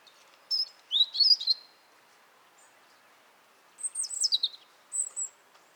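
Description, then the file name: European robin song: two short bursts of thin, high, tumbling notes, sliding and twittering, separated by about two seconds of quiet, over faint background hiss. "Erithacus rubecula"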